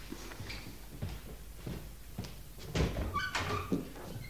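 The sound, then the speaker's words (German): A handful of dull, irregularly spaced knocks on a door, followed by the louder clunk of it opening with a brief squealing creak of the hinge. “Ach, dass die Leute immer klopfen müssen.”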